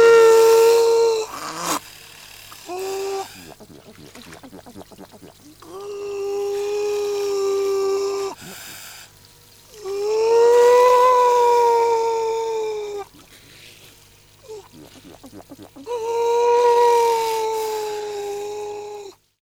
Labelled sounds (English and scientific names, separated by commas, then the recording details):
Grey Seal (Halichoerus grypus)
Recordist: Tembrock, Günter
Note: Heullaute des Weibchens